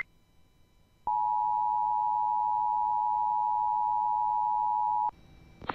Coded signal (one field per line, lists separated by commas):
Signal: Emergency Alert System (SAME) tones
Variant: 853 and 960 Hz attention tone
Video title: SVR EAS#127